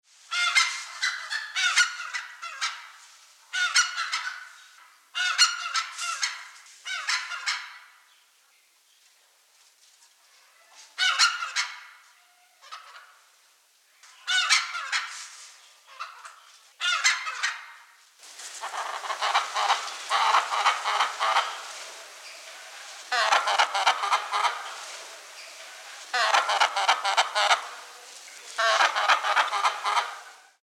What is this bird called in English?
Grey Junglefowl